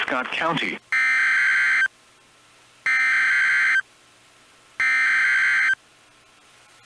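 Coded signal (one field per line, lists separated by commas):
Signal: Emergency Alert System (SAME) tones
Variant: header bursts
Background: speech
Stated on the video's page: Tornado alerts from NOAA Weather Radio KEC65 and FM station KSTP-FM.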